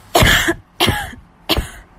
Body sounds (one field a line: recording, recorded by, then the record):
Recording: voluntary cough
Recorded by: messaging app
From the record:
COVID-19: negative